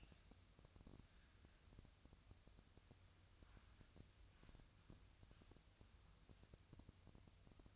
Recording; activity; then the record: daily activity, microphone in the room; wipe stove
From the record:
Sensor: 2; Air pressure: 1004.6 hPa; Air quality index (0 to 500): 76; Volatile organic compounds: 1 ppm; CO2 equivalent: 896 ppm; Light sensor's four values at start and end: 7/16/6/6 and 7/16/6/6